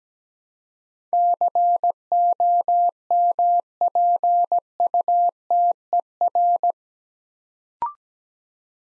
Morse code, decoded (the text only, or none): COMPUTER